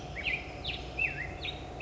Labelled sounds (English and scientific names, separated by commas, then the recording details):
Black-headed Grosbeak (Pheucticus melanocephalus)
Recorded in Sonoma County, California